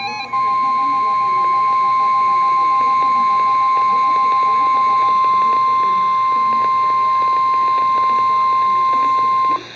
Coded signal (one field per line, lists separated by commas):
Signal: Emergency Alert System (SAME) tones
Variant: 1050 Hz attention tone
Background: speech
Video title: Severe Thunderstorm Warning (EAS #629)